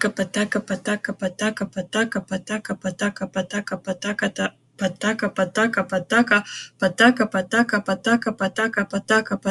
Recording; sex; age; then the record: repeated syllables /pa ta ka/; female; 40 to 49 years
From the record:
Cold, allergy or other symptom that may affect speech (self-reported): no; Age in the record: 41 years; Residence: Florida, United States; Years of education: 16